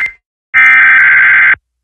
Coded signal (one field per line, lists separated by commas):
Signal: Emergency Alert System (SAME) tones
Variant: header bursts